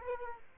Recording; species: mosquito wingbeat signal from an infrared sensor; Aedes aegypti